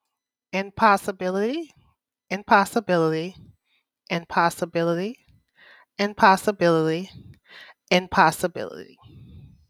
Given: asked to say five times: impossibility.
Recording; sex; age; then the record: repeated word; female; 30 to 39 years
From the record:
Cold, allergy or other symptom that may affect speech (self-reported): no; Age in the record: 37 years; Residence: Louisiana, United States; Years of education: 13